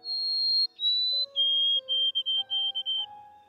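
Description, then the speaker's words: White-throated Sparrow song: two long clear high whistles, then a lower whistle and a run of repeated short whistled notes, with faint low tones underneath. Male white-throated sparrow songs played to females hormonally charged for breeding season in a brain-imaging study; the songs lit up the females' mesolimbic reward pathway. "Female white-throated sparrows, hormonally charged for breeding season, were played songs of male white-throated sparrows."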